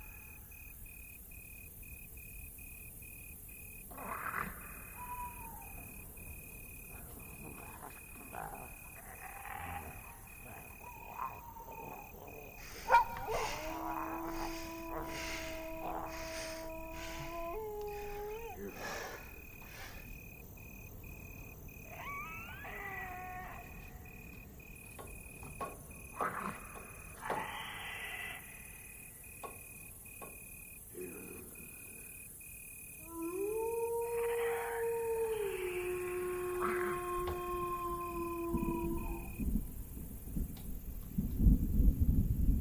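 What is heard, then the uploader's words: Dark village ambience with a steady high insect whine, scattered clicks and knocks, and drawn-out wavering tones swelling around 13–18 and 34–39 seconds. Lost in the dark village Asmr ambience.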